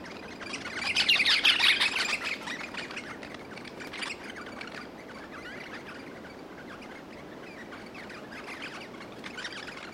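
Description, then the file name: Crimson rosella group chirping: a dense burst of harsh, squawky notes early on, then faint scattered chirps over a steady background hiss. Group chirping; Australian rosellas. "Bird Crimson Rosella Group Chirp 01"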